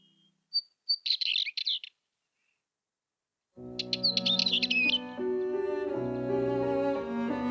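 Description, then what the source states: Northern wheatear song, short scratchy chattering phrases in quick bursts, then a pause and another rattling phrase as cello and piano music begins underneath. Nests in rabbit burrows; nest boxes have been dug into the Zeeland dunes for it because rabbit burrows are lacking.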